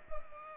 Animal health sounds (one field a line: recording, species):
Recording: mosquito wingbeat signal from an infrared sensor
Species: Culex pipiens